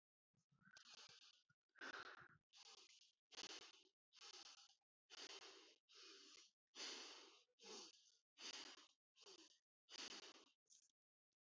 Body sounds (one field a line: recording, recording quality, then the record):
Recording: deep breathing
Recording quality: moderate, slight background noise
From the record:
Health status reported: healthy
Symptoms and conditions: none ticked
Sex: female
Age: 29 years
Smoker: not ticked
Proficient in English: no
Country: India